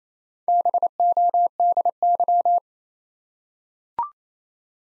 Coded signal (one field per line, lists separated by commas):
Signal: Morse code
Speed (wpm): 27 wpm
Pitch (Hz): 700 Hz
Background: none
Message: BODY